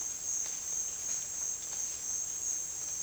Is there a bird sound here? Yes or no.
no